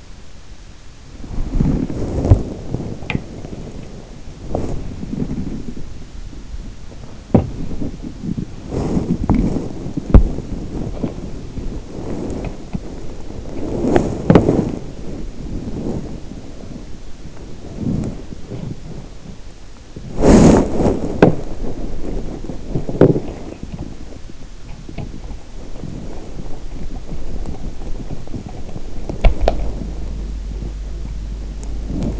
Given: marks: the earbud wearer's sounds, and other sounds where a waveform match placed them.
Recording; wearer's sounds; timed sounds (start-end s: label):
sounds in sleep by an in-ear microphone; body movement
1.15-32.20 s: body movement